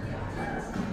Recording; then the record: background sound without coughing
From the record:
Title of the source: 60 minutes of coffee shop sounds for study and concentration